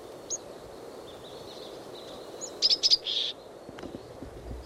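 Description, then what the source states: Chickadee call notes: a quick cluster of high, thin notes about two-thirds through, with scattered faint chips earlier over a steady low background rumble. Call notes given while perched, not while moving; bird foraging apart from others, hopping from dead branch to dead branch over the ground.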